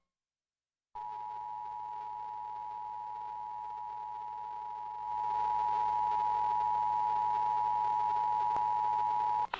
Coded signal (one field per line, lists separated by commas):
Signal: Emergency Alert System (SAME) tones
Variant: 853 and 960 Hz attention tone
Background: speech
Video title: Severe Thunderstorm Warning on WFXH-FM (6/14/2022) (EAS #1290)